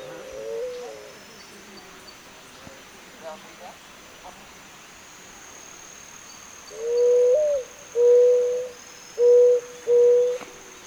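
Zenaida dove giving a quiet coo early on, then four louder hollow coos in a row about a second apart, with a steady high electronic whine in the background.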